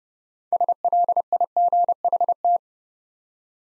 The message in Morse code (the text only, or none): SLIGHT